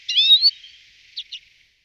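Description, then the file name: Common redpoll giving a short, wavering whistled note that rises, followed by two faint soft chips, on a quiet background. "Cecetka zimni Carduelis flammea"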